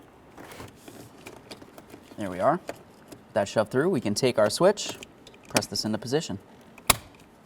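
Someone talks while a fog light switch, after its wiring harness is shoved through, is pressed into its opening in the plastic dash panel of a 2012-2018 Nissan Altima during a fog light kit replacement. Faint handling rustles come before a single sharp snap at 6.9 s, as the switch seats in the dash panel.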